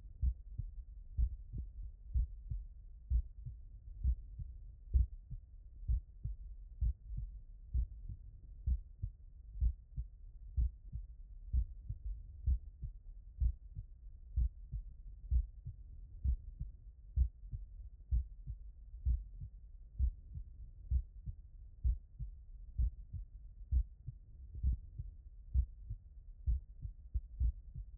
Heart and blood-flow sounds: heart sounds by stethoscope; tricuspid valve (TV)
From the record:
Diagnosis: non-HFrEF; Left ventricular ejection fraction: 56%

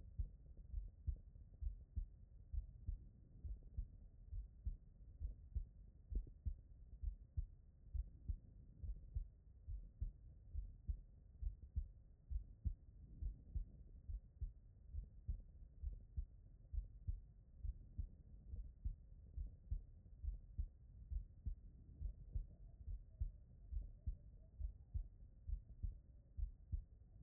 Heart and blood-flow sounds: heart sounds by stethoscope; pulmonary valve (PV)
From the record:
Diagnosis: non-HFrEF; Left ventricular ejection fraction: 57%

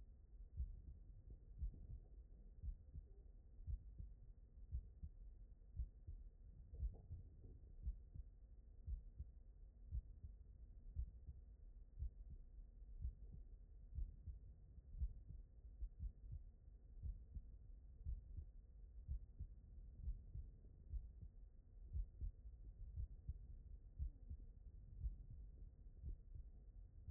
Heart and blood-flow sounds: heart sounds by stethoscope; aortic valve (AV)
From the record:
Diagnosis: non-HFrEF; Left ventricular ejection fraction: 64%

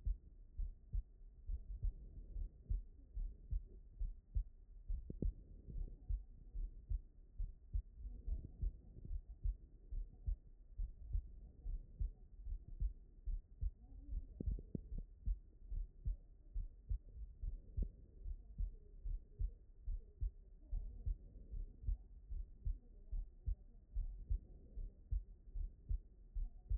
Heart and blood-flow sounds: heart sounds by stethoscope; aortic valve (AV)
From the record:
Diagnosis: non-HFrEF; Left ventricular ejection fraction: 60%

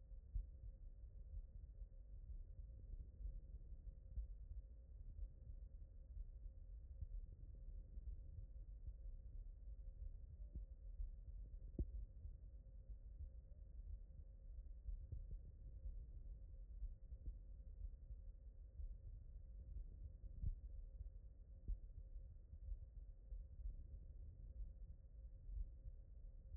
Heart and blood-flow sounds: heart sounds by stethoscope; aortic valve (AV)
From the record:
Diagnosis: non-HFrEF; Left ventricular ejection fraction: 60%

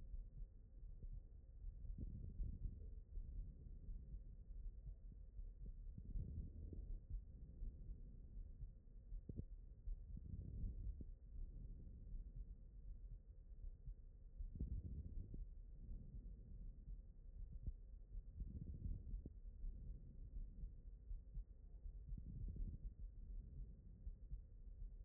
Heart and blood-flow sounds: heart sounds by stethoscope; aortic valve (AV)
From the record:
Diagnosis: non-HFrEF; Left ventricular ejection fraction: 67%

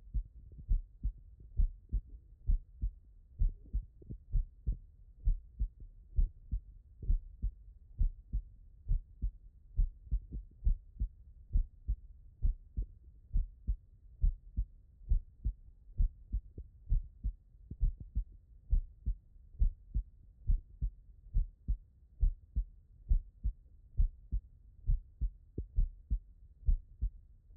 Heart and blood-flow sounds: heart sounds by stethoscope; tricuspid valve (TV)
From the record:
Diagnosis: non-HFrEF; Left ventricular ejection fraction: 67%

